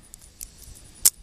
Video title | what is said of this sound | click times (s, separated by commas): Leatherman Squirt P4 | so very easy to close snaps back in place | 1.1 s